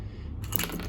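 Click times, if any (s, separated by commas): 0.6 s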